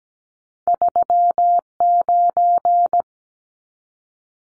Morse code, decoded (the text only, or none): 39